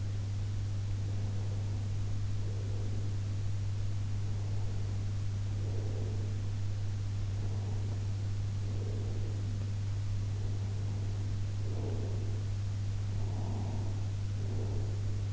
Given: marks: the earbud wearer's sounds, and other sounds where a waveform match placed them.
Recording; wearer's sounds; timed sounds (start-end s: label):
sounds in sleep by an in-ear microphone; breath
0.95-3.21 s: breath
4.28-6.47 s: breath
7.30-9.86 s: breath
10.38-12.30 s: breath
13.31-15.31 s: breath